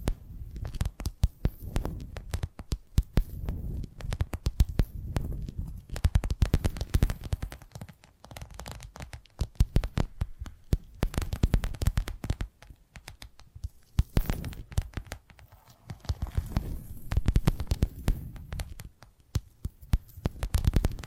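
Quick, dense tapping triggers fill the clip, sharp clicks landing many times a second in uneven bursts. The taps sound dry, with a soft low thud beneath them, swelling and easing in waves around 5, 10 and 17 seconds.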